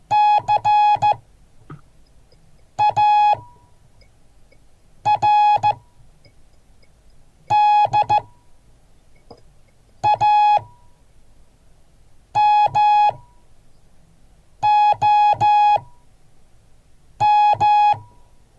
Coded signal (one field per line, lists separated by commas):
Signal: Morse code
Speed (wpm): 14 wpm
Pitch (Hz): 840 Hz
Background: none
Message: CARDAMOM